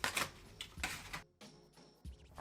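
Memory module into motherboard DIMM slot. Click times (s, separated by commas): 0.0 s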